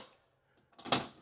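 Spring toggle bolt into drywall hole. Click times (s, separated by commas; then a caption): 0.9 s. A spring toggle bolt is pushed through a hole in the drywall for the microwave mounting plate. A faint tick at 0.6 s and a rising scrape from about 0.8 s are followed by a sharp snap at 0.9 s as the wings open behind the wall. The bolt is seated and can't be pulled out.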